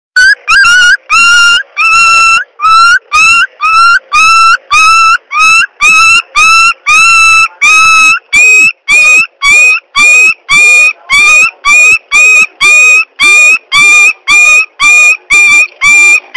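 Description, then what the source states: Dog crying: tonal, whimpering whines with strong overtones, each one bending slightly in pitch, repeated steadily about twice a second throughout with no other sounds. Ringtone.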